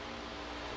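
A gravity-feed paint cup is pressed onto a spray gun's threaded inlet and turned counterclockwise, with steady broadband hiss and faint handling rustle. No talking is heard. Nothing has clicked or seated yet.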